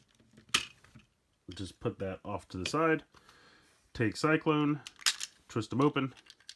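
Someone talks while handling a plastic blade arm piece on a DX Cyclone Dial Fighter toy from Lupinranger VS Patranger, with a sharp tap near 0.6 s and a few faint clicks around the speech. Nothing has seated or clicked into place yet; the clip ends before the piece is pushed to the end of its travel and locks into the toy's body.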